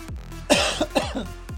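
A short run of about four abrupt coughs from an adult, the first the loudest: an ordinary cough.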